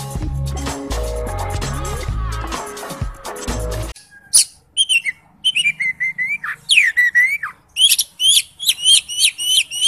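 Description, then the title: Bird song of bright, rising and falling whistles and sharp chirps in quick succession, after several seconds of tonal musical sounds at the start. Used for masteran song training. "Masteran Burung"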